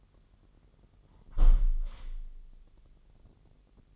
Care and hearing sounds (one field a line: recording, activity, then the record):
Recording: daily activity, microphone in the room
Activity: close window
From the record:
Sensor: 4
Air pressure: 999.4 hPa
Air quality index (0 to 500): 139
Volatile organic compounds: 3 ppm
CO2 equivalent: 1370 ppm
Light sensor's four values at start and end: 21/51/21/23 and 21/51/21/23